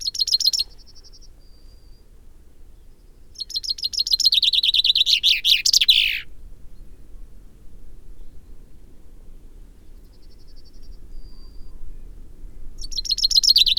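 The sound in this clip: Common chaffinch singing: the tail of one phrase, a full accelerating trill ending in a flourish midway, and another phrase beginning at the end, with faint soft notes between.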